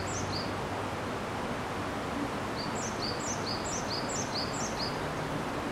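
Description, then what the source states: Japanese tit song: a brief high phrase, then a longer series of repeated descending phrases, against a broad steady noise. Recorded 22 April 2019.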